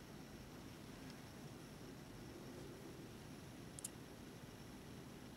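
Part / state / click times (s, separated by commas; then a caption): slip-fit connector part going into its mating part on a mod build / seated / 3.8 s. A slip-fit connector part is pushed into its mating part on a mod build over a steady low hiss. Two sharp, quick clicks land at about 3.8 s and 3.8 s as the slip connection clicks home and seats.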